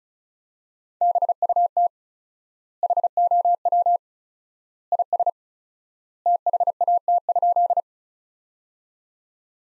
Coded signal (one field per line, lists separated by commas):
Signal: Morse code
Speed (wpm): 34 wpm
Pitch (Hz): 700 Hz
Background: none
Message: BUT HOW IS THAT?